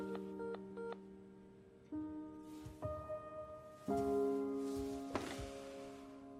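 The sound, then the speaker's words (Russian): A telephone number is dialed to call Lisa: a few quick keypad beeps, then a series of steady electronic tones that shift pitch step by step, with soft thumps between them and no talking. “Звонит Лизе.”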